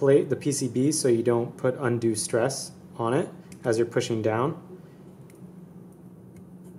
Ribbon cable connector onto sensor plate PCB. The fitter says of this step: so it doesn't click this time but it doesn't matter it's still a secure